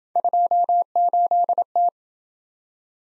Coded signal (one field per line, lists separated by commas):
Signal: Morse code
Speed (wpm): 28 wpm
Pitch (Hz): 700 Hz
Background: none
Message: 28T